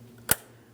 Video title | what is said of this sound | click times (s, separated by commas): How to Replace Vapor Canister Purge Solenoid Valve 2015-2025 Ford Transit 250 | Locking it in with our green locking tab. After an audible click, attempt to remove it. | 0.3 s